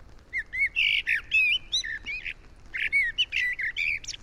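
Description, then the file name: Common blackbird song: fluting phrases sliding up and down, mixed with thin, squeaky higher notes. "Turdus merula"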